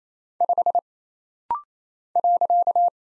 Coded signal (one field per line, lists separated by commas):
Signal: Morse code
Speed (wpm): 27 wpm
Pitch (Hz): 700 Hz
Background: none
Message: 5 .